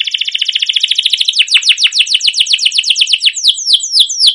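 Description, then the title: Canary song: a fast trill of high notes, then slower repeated down-slurred whistles, continuous and loud throughout. Long, continuous rolling canary song used as a lure to train other canaries to sing. "CUIT CUIT NGEROL LANGSUNG GACOR PANJANG Kenari Ini AMPUH Utk Pancingan KENARI"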